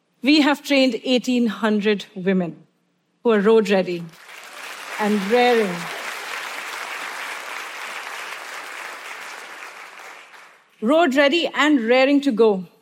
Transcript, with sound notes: We have trained 1,800 women who are road ready. (Applause) And raring. Road ready and raring to go.